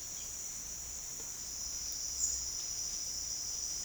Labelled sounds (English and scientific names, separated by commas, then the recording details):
none
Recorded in pastures near Puerto Asís, Putumayo, Colombia, on 25 June 2025 at 07:30
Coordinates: 0.502, -76.324
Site G010